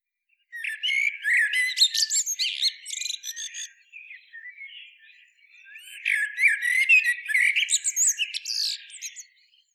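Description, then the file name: Common blackbird delivering two energetic phrases of rapid squeaky twitters and short whistles, separated by a quieter stretch of softer notes. "Turdus merula"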